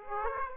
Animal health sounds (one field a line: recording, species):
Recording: mosquito wingbeat signal from an infrared sensor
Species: Aedes aegypti